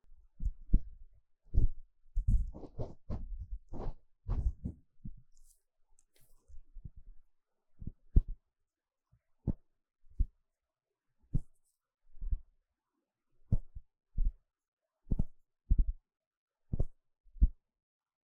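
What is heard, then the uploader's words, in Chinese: Scratching and tapping on a tingling eardrum. The first five seconds hold a dense cluster of low thumps and scrapes, some reaching bright. After a short lull, single soft low taps land about once a second, evenly spaced, to the end. 刺痛的鼓膜摳摳與敲打。Intense & Deep Sound NT5 Mic Scratching & Tapping | NoTalking。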